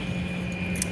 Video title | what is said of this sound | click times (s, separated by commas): US General 27 inch tool box | Push that in, and it locks in place like the Cobra pliers do, | 0.8 s